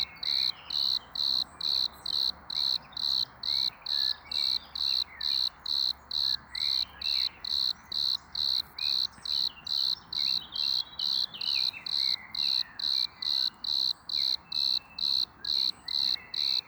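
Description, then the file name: Eumodicogryllus bordigalensis cricket song: steady series of short high chirps, about two per second, evenly spaced throughout, over a faint low background hiss. Recorded at Bonn-Oberkassel in May 2020. "Eumodicogryllus bordigalensis Bonn-Oberkassel Mai 2020 Ulrich Sander"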